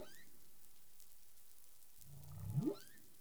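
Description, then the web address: Humpback whale call, a low rumble rising steeply into an upswept tone near the end, over a steady hiss of underwater noise. 20 April 2021, 03:32 UTC. "CARIMAM. humpback whale 20210420 033242 UTC"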